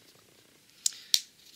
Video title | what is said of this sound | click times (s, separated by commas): How to Make Yo Yo's Part 1 | then here pop into place and | 0.9 s, 1.1 s